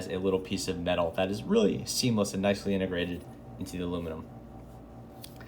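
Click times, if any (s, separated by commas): 5.2 s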